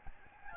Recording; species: mosquito wingbeat signal from an infrared sensor; Aedes albopictus